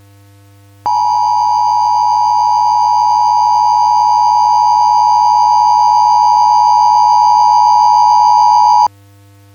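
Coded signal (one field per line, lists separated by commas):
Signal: Emergency Alert System (SAME) tones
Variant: 853 and 960 Hz attention tone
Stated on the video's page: Simulated EAS scenario, a Christmas special.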